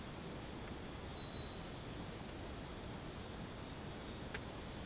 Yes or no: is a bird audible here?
no